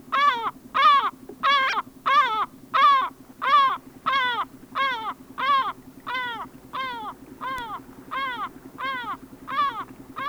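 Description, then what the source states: Lesser Black-backed Gull giving loud, gruff, downward-bending yelping calls repeated steadily, about one and a half per second, over a constant low background hum. Sweden.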